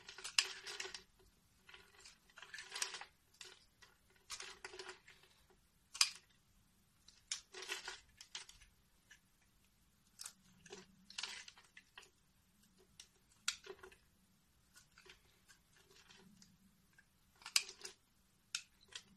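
Soap carving: short, bright scraping strokes come in irregular bursts every second or two, with a faint low hum underneath throughout.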